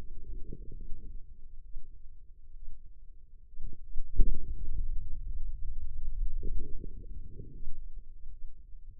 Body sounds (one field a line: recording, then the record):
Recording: forearm muscle sounds (acoustic myography)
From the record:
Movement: pen grasping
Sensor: system 2, bracelet of six BSWA MPA416 microphones around the upper forearm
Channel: 2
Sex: female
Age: 25 years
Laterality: right